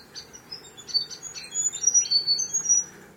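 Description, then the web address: Bird calls: high, thin chirps and sharp whistled notes in quick irregular bursts, over a faint low background hiss. Unidentified bird calling in mangroves. "Sound Effects-Foundation 1 BIRD UNKNOWN MAGROVES 01 CALL"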